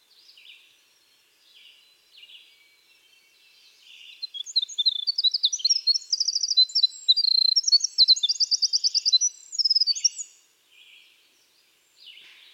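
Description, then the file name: Winter wren singing: faint high notes at first, then a six-second burst of bubbling, rapid trills and sharp twitters, followed by softer notes. "Troglodytes hiemalis - Winter Wren"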